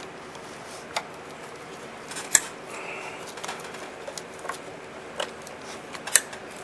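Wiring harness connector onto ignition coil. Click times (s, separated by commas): 2.3 s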